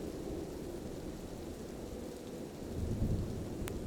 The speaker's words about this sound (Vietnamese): xa xa cuối chân trời tắt nắng, bầu trời u ám, gió tốc thổi mạnh dần. Vài hạt mưa trong không trung bắt đầu thả mình rơi xuống.